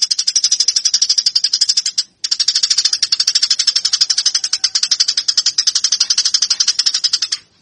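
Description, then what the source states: Eurasian tree sparrow giving a long, fast, harsh chatter of repeated notes, about four per second, with one brief break. Fighting call of the tree sparrow, a master track used for training birds.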